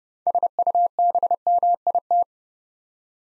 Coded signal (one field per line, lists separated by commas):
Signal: Morse code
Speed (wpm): 31 wpm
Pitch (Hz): 700 Hz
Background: none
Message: SUBMIT